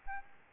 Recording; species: mosquito wingbeat signal from an infrared sensor; Anopheles arabiensis